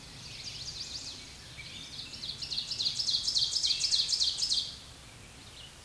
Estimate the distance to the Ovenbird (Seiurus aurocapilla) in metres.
about 15 m